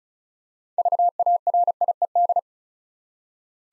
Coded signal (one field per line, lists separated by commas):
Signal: Morse code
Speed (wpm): 36 wpm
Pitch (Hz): 700 Hz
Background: none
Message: VARIED